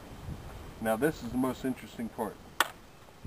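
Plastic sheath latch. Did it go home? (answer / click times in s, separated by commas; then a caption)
released / 2.6 s. Someone talks, then the release latch on an axe sheath is worked and clicks open sharply at 2.6 s, releasing the axe head.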